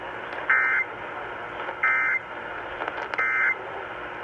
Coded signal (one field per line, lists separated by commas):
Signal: Emergency Alert System (SAME) tones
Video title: Multiple days of a alerts EAS# 190-223 8/5/20-8/8/20